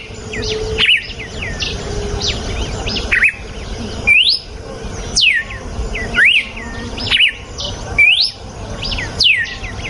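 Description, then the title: Red-cowled cardinal singing a run of bright whistled notes, falling swoops alternating with rising and looped phrases roughly once a second, softer chirping birds behind. Female; natural song. "Canto Galo Campina Fêmea. GALO DE CAMPINA CANTO NATURAL. galo de campina cantando. canto de galo de campina"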